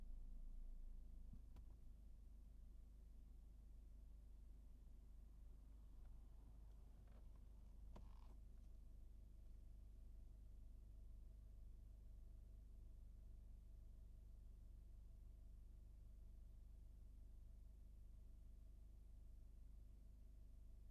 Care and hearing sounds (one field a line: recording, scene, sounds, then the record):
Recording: everyday scene through a hearing-aid microphone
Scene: in a vehicle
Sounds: engine idling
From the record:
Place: Berlingo II, diesel engine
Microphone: behind the ear, right, rear